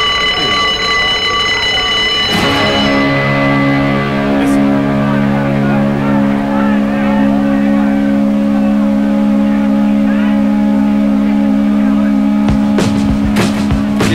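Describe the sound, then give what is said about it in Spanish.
A ringing bell with bright high overtones sounds first, then a single G major guitar chord is struck and rings out, sustaining and slowly fading for about ten seconds; it is the recorded opening of a rock song. “Vamos a escuchar una campana y un acorde.”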